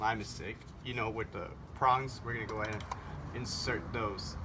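A cartridge oil filter element, a paper element with plastic end caps, is handled and lined up to be pushed onto the prongs of the filter housing cap while someone talks. Nothing has clicked or seated yet.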